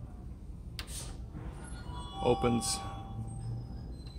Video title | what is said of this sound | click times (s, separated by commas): Various bits October 2018 | I move it it you can see that it clicks into place and it | 0.8 s